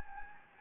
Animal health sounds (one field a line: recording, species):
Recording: mosquito wingbeat signal from an infrared sensor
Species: Anopheles gambiae